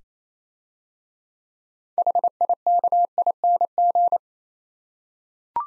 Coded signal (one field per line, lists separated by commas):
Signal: Morse code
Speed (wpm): 27 wpm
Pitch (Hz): 700 Hz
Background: none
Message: HIKING